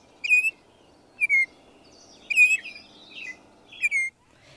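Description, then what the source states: Baltimore Oriole giving four short flute-like whistled phrases, irregularly spaced. Very flute-like, disjointed series of notes, sometimes rendered as 'here', 'come right here' or 'dear'; considerable variation between individuals.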